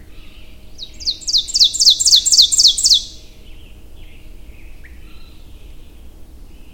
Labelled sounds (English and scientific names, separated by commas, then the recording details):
Ovenbird (Seiurus aurocapilla) song
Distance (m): 5 m
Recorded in boreal forest in Alberta, Canada, on 22 June 2016 at 07:45
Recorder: SongMeter 3, array SBT-6-76
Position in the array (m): 150 m, 115 m
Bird 3